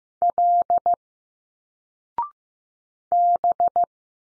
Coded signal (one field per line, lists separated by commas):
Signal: Morse code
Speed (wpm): 15 wpm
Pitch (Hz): 700 Hz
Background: none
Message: L B